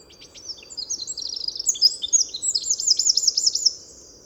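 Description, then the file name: Eurasian wren singing a continuous torrent of high, sharp notes that builds into a rapid rattling trill. "Troglodytes troglodytes"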